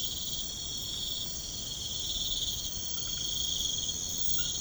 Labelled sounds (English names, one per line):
none